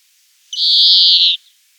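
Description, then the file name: European greenfinch uttering one strong, steady, nasal wheezing note of under a second, with nothing else audible. "Chloris chloris"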